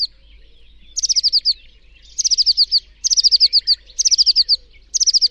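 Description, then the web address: Bird calls in short bursts of five or six sharp, high descending chirps, repeated about once a second with brief pauses between bursts. "cianscape. Deverinetal"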